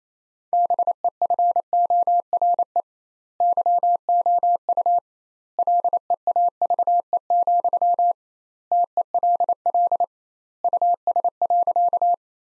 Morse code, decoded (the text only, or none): BEFORE YOU LEAVE, TELL US.